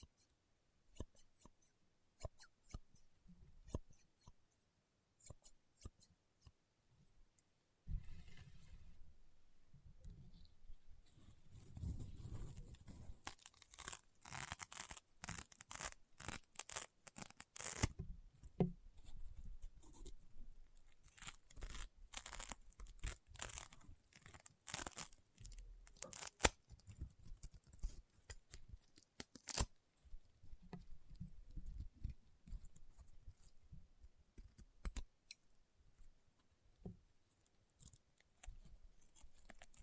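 Crunchy, popping slime is squeezed and pressed in a dense string of sharp crackles and snaps. The first eight seconds hold only sparse, quiet pops; then the crunching becomes nearly continuous and bright, with low squishy thumps underneath, until the end.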